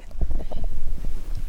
Rocket, an elegant male reindeer, spreads out between the first and second rows and spends most of the class making a noise that sounds like snoring. He's sleeping.